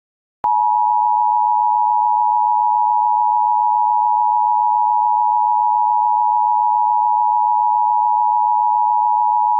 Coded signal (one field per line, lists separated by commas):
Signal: Emergency Alert System (SAME) tones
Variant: 853 and 960 Hz attention tone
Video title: EAS Scenario 10: Alternates